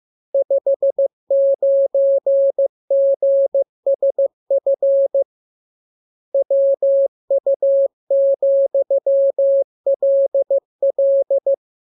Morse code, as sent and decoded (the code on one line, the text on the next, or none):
..... ----. --. ... ..-. / .-- ..- --..-- .-.. .-..
59GSF WU,LL